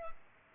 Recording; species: mosquito wingbeat signal from an infrared sensor; Culex pipiens